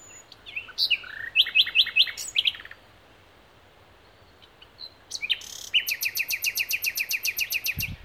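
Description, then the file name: Common nightingale song with varied phrases of sharp repeated notes and rapid trills, a silent gap, then a long evenly paced series of loud repeated notes. "Luscinia megarhynchos"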